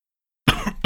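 After a brief silence, one short, harsh cough from an adult man bursts out with a strong low-pitched onset and fades within about half a second. It is a single isolated cough with no wheeze or stridor audible.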